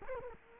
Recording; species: mosquito wingbeat signal from an infrared sensor; Culex quinquefasciatus